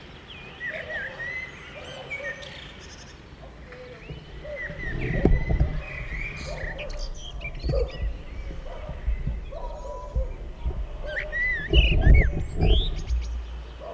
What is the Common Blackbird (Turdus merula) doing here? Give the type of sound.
song